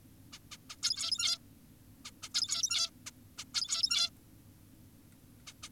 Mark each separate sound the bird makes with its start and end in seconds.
0.33-0.39, 0.52-0.57, 0.70-0.76, 0.83-1.38, 2.05-2.11, 2.23-2.29, 2.35-2.90, 3.06-3.11, 3.38-3.44, 3.54-4.10, 5.47-5.53, 5.63-5.69